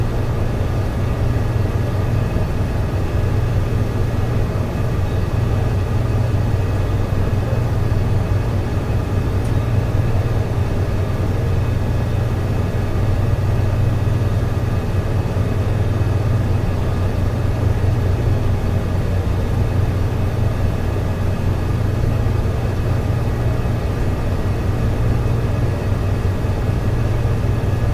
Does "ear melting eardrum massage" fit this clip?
no